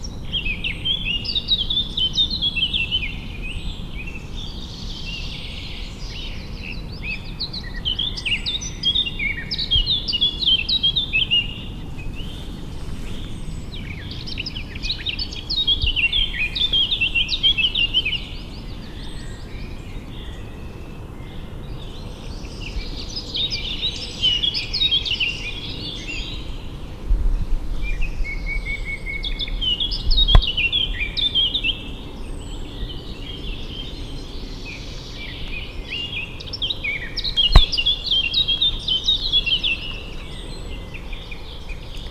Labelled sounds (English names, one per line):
Eurasian Blackcap song